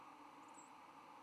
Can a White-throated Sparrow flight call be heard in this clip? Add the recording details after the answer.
no. Another species' flight call is heard. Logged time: 08:52 on 10 November 2014